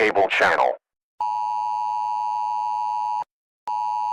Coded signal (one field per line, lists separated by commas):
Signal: Emergency Alert System (SAME) tones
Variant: 853 and 960 Hz attention tone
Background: speech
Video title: Fake EAS ALARM